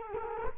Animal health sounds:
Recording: mosquito wingbeat signal from an infrared sensor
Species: Culex quinquefasciatus

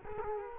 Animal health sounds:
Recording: mosquito wingbeat signal from an infrared sensor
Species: Culex quinquefasciatus

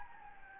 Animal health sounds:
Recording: mosquito wingbeat signal from an infrared sensor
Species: Anopheles gambiae

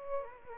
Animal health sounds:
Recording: mosquito wingbeat signal from an infrared sensor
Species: Aedes aegypti

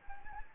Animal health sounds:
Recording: mosquito wingbeat signal from an infrared sensor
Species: Anopheles gambiae

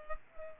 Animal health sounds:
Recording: mosquito wingbeat signal from an infrared sensor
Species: Culex pipiens

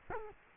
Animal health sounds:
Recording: mosquito wingbeat signal from an infrared sensor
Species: Culex quinquefasciatus

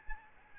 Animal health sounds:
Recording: mosquito wingbeat signal from an infrared sensor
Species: Aedes albopictus

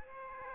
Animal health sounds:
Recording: mosquito wingbeat signal from an infrared sensor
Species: Aedes aegypti

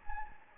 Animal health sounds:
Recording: mosquito wingbeat signal from an infrared sensor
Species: Anopheles gambiae

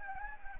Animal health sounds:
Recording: mosquito wingbeat signal from an infrared sensor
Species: Anopheles gambiae

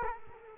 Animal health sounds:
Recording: mosquito wingbeat signal from an infrared sensor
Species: Culex quinquefasciatus

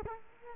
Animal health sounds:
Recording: mosquito wingbeat signal from an infrared sensor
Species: Culex quinquefasciatus

